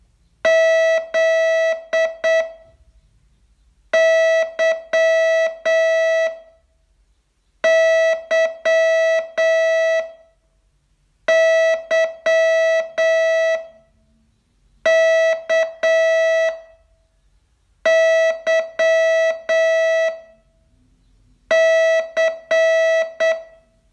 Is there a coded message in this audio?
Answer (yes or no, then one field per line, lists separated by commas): yes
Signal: Morse code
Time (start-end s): 0.5-23.3 s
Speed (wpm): 8 wpm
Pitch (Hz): 650 Hz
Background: none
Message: ZYYYKYC